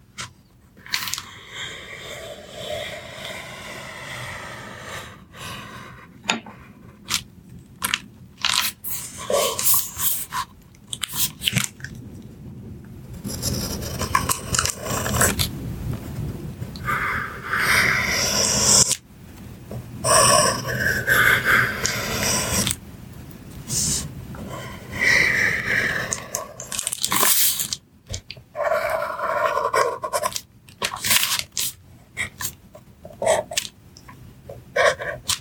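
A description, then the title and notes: Pencils scratch and trace steadily across paper, a dense, bright, rustling texture that runs through the whole recording. Frequent short pauses break the strokes, and crinkling paper adds crunchy bursts, with the busiest, loudest stretch in the middle. Soft tracing with pencils.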